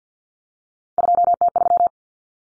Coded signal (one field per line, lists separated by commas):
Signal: Morse code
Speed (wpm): 50 wpm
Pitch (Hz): 700 Hz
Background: none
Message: 2T3